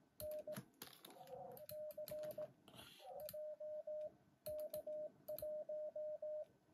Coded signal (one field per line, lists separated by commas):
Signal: Morse code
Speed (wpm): 18 wpm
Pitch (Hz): 610 Hz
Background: radio noise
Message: N C JK1